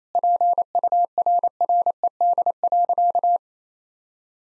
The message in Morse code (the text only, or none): PURRED.